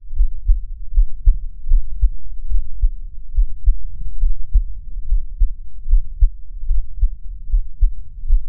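Steady, deep, muffled thumps repeat at about 75 beats a minute, each beat a soft paired lub-dub. It is an adult human heartbeat picked up with a contact microphone, with a faint low rumble underneath.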